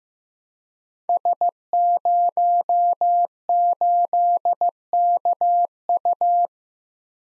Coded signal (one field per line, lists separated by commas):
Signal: Morse code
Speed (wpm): 15 wpm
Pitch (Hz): 700 Hz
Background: none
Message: S08KU